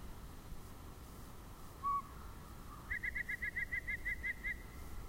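Yellow-breasted chat calling: a short clear whistle, then a rapid even series of about ten similar clipped notes over a steady low background hum.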